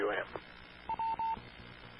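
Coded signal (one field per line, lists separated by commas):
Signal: none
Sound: a repeater's courtesy beeps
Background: speech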